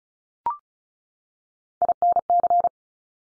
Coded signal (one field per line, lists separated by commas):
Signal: Morse code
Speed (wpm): 36 wpm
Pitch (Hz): 700 Hz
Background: none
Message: INC